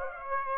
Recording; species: mosquito wingbeat signal from an infrared sensor; Aedes aegypti